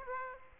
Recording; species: mosquito wingbeat signal from an infrared sensor; Aedes aegypti